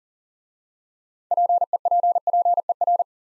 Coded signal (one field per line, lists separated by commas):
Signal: Morse code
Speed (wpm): 38 wpm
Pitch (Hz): 700 Hz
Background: none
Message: PEPPER